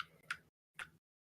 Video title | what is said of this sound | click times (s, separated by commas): 0006 - Cat I'm a kitty cat, and I quest quest quest | a nice satisfying snap to put that back on. | 0.3 s, 0.8 s